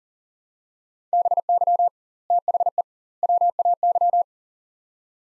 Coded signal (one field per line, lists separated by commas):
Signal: Morse code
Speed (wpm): 37 wpm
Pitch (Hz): 700 Hz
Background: none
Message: BY THE WAY